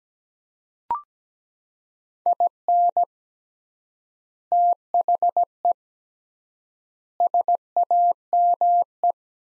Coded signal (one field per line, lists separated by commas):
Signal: Morse code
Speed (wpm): 17 wpm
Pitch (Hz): 700 Hz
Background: none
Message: IN THE SAME